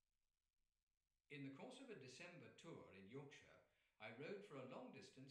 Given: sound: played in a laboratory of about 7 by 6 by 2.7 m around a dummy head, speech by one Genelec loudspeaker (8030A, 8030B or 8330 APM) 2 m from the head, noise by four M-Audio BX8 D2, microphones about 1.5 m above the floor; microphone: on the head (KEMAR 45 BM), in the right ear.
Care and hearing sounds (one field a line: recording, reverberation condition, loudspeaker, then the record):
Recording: male speech in English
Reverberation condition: medium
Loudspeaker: in front (0 degrees)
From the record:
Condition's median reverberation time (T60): about 510 ms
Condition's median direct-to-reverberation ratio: about -0.5 dB